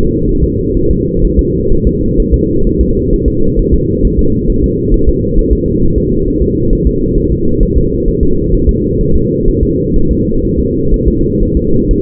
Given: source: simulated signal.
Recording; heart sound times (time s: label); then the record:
fetal heart sounds
0.29 s: S1
0.44 s: S2
0.77 s: S1
0.91 s: S2
1.25 s: S1
1.39 s: S2
1.72 s: S1
1.87 s: S2
2.20 s: S1
2.34 s: S2
2.67 s: S1
2.81 s: S2
3.13 s: S1
3.28 s: S2
3.59 s: S1
3.74 s: S2
4.05 s: S1
4.19 s: S2
4.50 s: S1
4.64 s: S2
4.94 s: S1
5.09 s: S2
5.39 s: S1
5.53 s: S2
5.83 s: S1
5.98 s: S2
6.28 s: S1
6.42 s: S2
6.73 s: S1
6.87 s: S2
7.18 s: S1
7.32 s: S2
7.63 s: S1
7.77 s: S2
8.09 s: S1
8.23 s: S2
8.54 s: S1
8.69 s: S2
9.01 s: S1
9.16 s: S2
9.48 s: S1
9.63 s: S2
9.96 s: S1
10.11 s: S2
10.45 s: S1
10.59 s: S2
10.94 s: S1
11.08 s: S2
11.43 s: S1
11.57 s: S2
11.91 s: S1
From the record:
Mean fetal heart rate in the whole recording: 130 bpm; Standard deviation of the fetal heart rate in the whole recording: 4 bpm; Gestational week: 38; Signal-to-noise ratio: -16.4 dB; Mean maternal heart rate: 72 bpm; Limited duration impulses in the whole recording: present